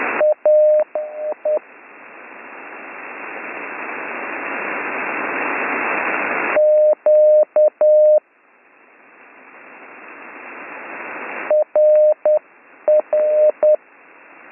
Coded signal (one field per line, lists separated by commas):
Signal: Morse code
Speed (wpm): 10 wpm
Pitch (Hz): 610 Hz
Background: radio noise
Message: A E Q R R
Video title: Slow Morse Code Course - Week 4 - Learn Morse Code